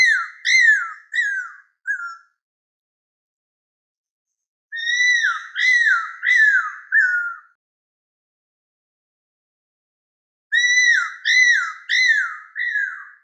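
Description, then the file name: Cuckoo-roller calls: three bouts of four slurred, downward-bending whistles, separated by a few seconds of silence. Madagascar. "courol malgache"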